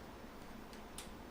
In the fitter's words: Okay, it clicks into place.